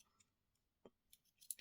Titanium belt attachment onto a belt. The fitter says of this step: um and it locks into place on your belt